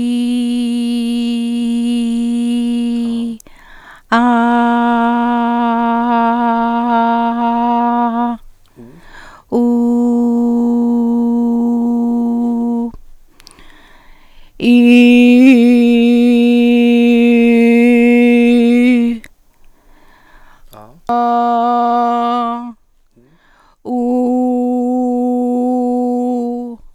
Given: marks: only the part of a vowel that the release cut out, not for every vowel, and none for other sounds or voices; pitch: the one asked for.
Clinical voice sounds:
sustained vowels; female; 40 to 49 years; 1; 0; 1
0.00-1.99 s: vowel /i/, normal pitch
4.53-6.53 s: vowel /a/, normal pitch
9.80-11.80 s: vowel /u/, normal pitch
21.16-22.51 s: vowel /a/, high pitch
24.26-26.26 s: vowel /u/, high pitch
From the record:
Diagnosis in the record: recurrent laryngeal nerve paralysis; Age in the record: 49 years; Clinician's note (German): Strumipriv mit Stillstand links, Einschränkung der Beweglichkeit rechts, vollkommene phonatorische Kompensation

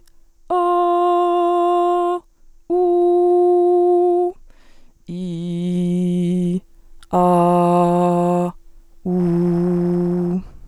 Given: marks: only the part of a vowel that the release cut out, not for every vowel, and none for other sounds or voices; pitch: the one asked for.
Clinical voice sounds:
sustained vowels; female; 20 to 29 years; 1; 1; 0
0.63-2.06 s: vowel /a/, high pitch
2.82-4.14 s: vowel /u/, high pitch
5.26-6.43 s: vowel /i/, low pitch
7.26-8.37 s: vowel /a/, low pitch
9.18-10.26 s: vowel /u/, low pitch
From the record:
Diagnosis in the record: dysodia (singing voice disorder); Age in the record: 21 years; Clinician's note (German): Leichte funktionelle Form

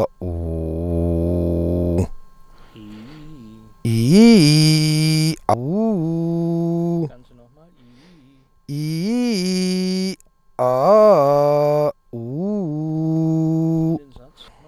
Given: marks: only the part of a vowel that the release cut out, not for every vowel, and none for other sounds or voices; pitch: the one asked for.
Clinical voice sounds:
sustained vowels; male; 30 to 39 years; 1; 1; 0
0.33-1.97 s: vowel /u/, low pitch
8.73-10.07 s: vowel /i/, low-high-low pitch
10.64-11.83 s: vowel /a/, low-high-low pitch
12.20-13.78 s: vowel /u/, low-high-low pitch
From the record:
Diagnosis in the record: healthy voice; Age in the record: 37 years

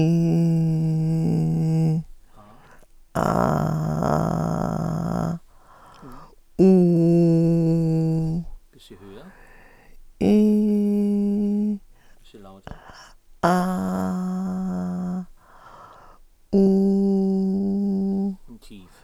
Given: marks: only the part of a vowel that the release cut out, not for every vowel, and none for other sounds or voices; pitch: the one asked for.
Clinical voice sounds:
sustained vowels; female; 50 to 59 years; 3; 2; 3
0.00-1.75 s: vowel /i/, normal pitch
3.42-5.11 s: vowel /a/, normal pitch
6.73-8.15 s: vowel /u/, normal pitch
10.40-11.54 s: vowel /i/, high pitch
13.55-15.09 s: vowel /a/, high pitch
16.63-18.22 s: vowel /u/, high pitch
From the record:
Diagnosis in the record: recurrent laryngeal nerve paralysis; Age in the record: 54 years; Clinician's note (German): Beidseitige

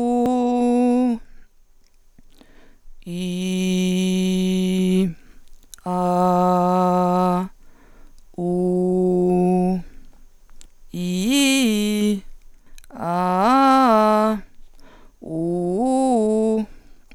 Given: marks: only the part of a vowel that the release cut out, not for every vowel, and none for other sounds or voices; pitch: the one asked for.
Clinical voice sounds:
sustained vowels; female; 40 to 49 years; 1; 1; 1
0.27-1.09 s: vowel /u/, high pitch
3.23-4.99 s: vowel /i/, low pitch
5.97-7.38 s: vowel /a/, low pitch
8.42-9.72 s: vowel /u/, low pitch
10.98-12.11 s: vowel /i/, low-high-low pitch
13.08-14.31 s: vowel /a/, low-high-low pitch
15.41-16.56 s: vowel /u/, low-high-low pitch
From the record:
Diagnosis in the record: Reinke's edema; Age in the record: 43 years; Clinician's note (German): Beidseitig, gering ausgeprägt mit unregelmäßigem Schwingungsbild

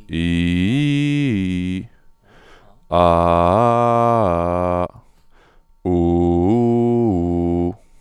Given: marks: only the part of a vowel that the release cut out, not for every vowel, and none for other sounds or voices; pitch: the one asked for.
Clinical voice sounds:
sustained vowels; male; 20 to 29 years; 1; 1; 0
0.20-1.72 s: vowel /i/, low-high-low pitch
3.12-4.77 s: vowel /a/, low-high-low pitch
5.95-7.61 s: vowel /u/, low-high-low pitch
From the record:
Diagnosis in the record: healthy voice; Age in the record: 25 years

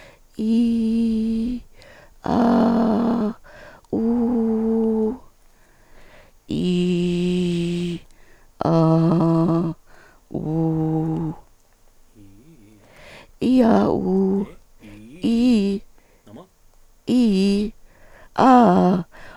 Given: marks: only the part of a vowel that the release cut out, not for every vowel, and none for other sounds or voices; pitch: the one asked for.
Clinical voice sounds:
sustained vowels; female; 60 to 69 years; 2; 1; 2
0.89-1.44 s: vowel /i/, high pitch
2.33-3.19 s: vowel /a/, high pitch
4.01-5.04 s: vowel /u/, high pitch
6.67-7.86 s: vowel /i/, low pitch
8.73-9.45 s: vowel /a/, low pitch
10.48-11.16 s: vowel /u/, low pitch
17.13-17.63 s: vowel /i/, low-high-low pitch
18.41-18.91 s: vowel /a/, low-high-low pitch
From the record:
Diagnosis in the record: psychogenic dysphonia, hyperfunctional dysphonia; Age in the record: 62 years

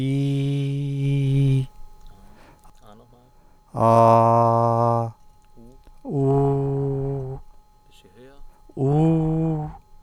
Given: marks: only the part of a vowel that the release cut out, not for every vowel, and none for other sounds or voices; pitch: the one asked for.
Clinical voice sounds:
sustained vowels; male; 40 to 49 years; 0; 0; 0
0.00-1.55 s: vowel /i/, normal pitch
3.86-5.00 s: vowel /a/, normal pitch
6.16-7.28 s: vowel /u/, normal pitch
8.80-9.61 s: vowel /u/, high pitch
From the record:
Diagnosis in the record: healthy voice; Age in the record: 49 years

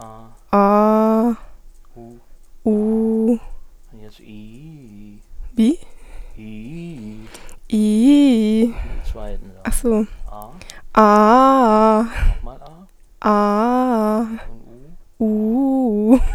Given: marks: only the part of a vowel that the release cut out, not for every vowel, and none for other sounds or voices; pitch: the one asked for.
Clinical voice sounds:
sustained vowels; female; 20 to 29 years; 0; 0; 0
0.62-1.21 s: vowel /a/, low pitch
2.68-3.27 s: vowel /u/, low pitch
7.77-8.57 s: vowel /i/, low-high-low pitch
13.31-14.14 s: vowel /a/, low-high-low pitch
15.24-16.04 s: vowel /u/, low-high-low pitch
From the record:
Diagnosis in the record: healthy voice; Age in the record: 21 years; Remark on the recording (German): Das ganze (NSP-)Signal hindurch ist ein Ticken im Hintergrund zu vernehmen.

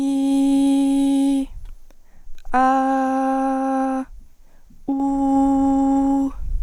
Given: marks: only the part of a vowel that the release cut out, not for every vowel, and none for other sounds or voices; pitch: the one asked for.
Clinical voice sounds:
sustained vowels; female; 20 to 29 years; 0; 0; 0
0.00-1.31 s: vowel /i/, normal pitch
2.62-3.91 s: vowel /a/, normal pitch
4.97-6.17 s: vowel /u/, normal pitch
From the record:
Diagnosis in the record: healthy voice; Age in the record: 20 years

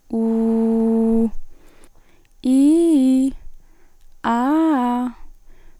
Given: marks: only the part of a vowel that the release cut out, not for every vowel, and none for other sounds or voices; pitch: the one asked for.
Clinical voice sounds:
sustained vowels; female; 20 to 29 years; 0; 0; 0
0.24-1.13 s: vowel /u/, low pitch
2.54-3.20 s: vowel /i/, low-high-low pitch
4.31-5.03 s: vowel /a/, low-high-low pitch
From the record:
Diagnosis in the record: healthy voice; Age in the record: 20 years

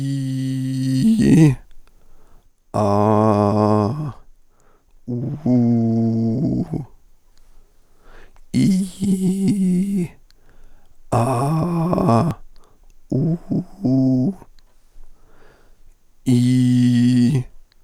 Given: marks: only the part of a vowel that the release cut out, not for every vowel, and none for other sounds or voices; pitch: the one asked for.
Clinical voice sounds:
sustained vowels; male; 40 to 49 years; 0; 0; 0
0.00-0.98 s: vowel /i/, normal pitch
2.84-3.83 s: vowel /a/, normal pitch
5.56-6.56 s: vowel /u/, normal pitch
13.19-14.20 s: vowel /u/, high pitch
16.34-17.25 s: vowel /i/, low pitch
From the record:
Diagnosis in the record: dysarthrophonia, central laryngeal movement disorder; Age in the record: 49 years

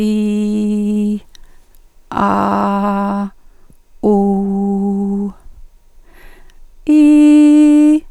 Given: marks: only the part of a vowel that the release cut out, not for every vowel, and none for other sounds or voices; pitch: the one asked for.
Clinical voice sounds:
sustained vowels; female; 50 to 59 years; 2; 2; 1
0.00-1.07 s: vowel /i/, normal pitch
2.24-3.18 s: vowel /a/, normal pitch
4.11-5.13 s: vowel /u/, normal pitch
6.94-7.89 s: vowel /i/, high pitch
From the record:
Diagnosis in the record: functional dysphonia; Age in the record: 57 years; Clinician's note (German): Mit psychogener Komponente

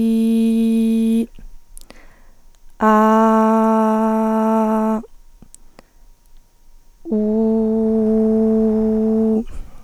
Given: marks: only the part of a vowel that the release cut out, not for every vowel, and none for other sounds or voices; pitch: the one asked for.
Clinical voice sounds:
sustained vowels; female; 20 to 29 years; 0; 0; 0
0.00-1.16 s: vowel /i/, normal pitch
2.96-4.59 s: vowel /a/, normal pitch
7.36-9.30 s: vowel /u/, normal pitch
From the record:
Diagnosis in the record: hyperfunctional dysphonia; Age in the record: 28 years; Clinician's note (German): Mit beginnenden Phonationsknötchen, li > re

